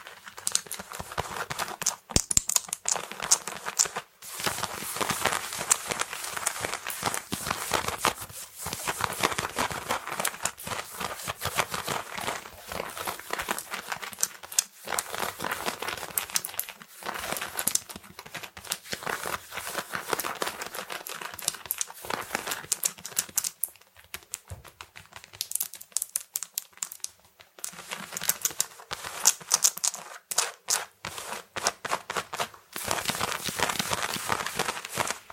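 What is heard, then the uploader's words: Fast, aggressive fabric scratching in dense, rapid rasping bursts, bright and crinkly, with brief pauses near 4, 15, 24 and 33 seconds. ASMR fast and aggressive fabric scratching.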